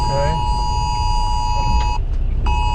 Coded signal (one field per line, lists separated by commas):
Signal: Emergency Alert System (SAME) tones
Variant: 853 and 960 Hz attention tone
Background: speech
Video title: National Wireless Emergency Alert System TEST day 2:20 PM